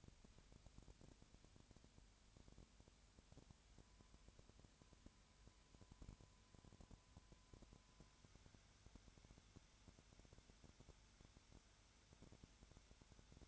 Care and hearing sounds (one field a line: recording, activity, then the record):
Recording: daily activity, microphone in the room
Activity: no activity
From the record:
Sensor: 2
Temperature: 20.4 degrees Celsius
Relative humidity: 35.6%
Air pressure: 1007.1 hPa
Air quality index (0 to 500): 122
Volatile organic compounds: 2 ppm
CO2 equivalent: 1253 ppm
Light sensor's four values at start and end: 2/3/2/2 and 2/3/2/2